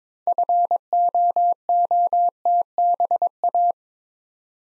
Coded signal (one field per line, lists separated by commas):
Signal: Morse code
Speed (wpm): 22 wpm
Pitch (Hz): 700 Hz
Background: none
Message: FOOTBA